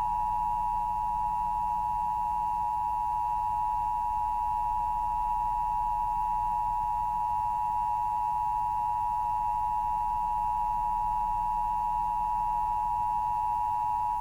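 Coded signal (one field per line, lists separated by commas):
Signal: Emergency Alert System (SAME) tones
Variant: 853 and 960 Hz attention tone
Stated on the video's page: Fake emergency broadcast system test recreation, presented as aired during a late-night TV newscast.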